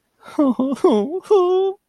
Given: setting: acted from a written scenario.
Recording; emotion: vocal sound without words; distress